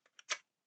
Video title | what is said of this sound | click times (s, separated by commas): Agora Models Build the G1 Optimus Prime Transformer - Pack 12 - The Completed Model | sure I orientate it correctly this way and those magnets now should click into place | 0.2 s, 0.3 s